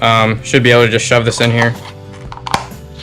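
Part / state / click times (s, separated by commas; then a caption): cartridge oil filter element into plastic filter housing cap / seated / 2.5 s. A new paper cartridge oil filter element for a 2012 Dodge Avenger is pushed onto the plastic filter housing cap as someone talks. Its clips snap into place with sharp clicks at about 2.5 s and 2.5 s, and the element is seated on the cap.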